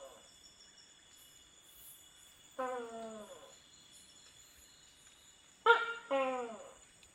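Tokay gecko calls: loud, harsh, downward-sliding croaks, one alone and then a quick two-part pair, with a constant high hum behind.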